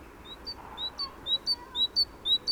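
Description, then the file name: Great tit giving high, clear upslurred notes paired in quick twos, repeating rhythmically and growing louder throughout against a faint steady hiss. "Parus major"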